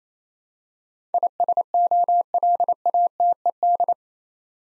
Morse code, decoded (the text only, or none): ISOLATED